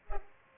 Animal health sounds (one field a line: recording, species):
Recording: mosquito wingbeat signal from an infrared sensor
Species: Culex pipiens